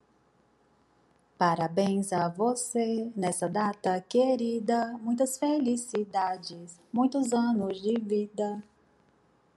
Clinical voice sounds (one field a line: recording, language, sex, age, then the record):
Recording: short text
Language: Brazilian Portuguese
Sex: female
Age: 30 to 39 years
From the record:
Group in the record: control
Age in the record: 33 years